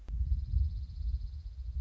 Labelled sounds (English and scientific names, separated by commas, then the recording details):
Dark-eyed Junco (Junco hyemalis)
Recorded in Sonoma County, California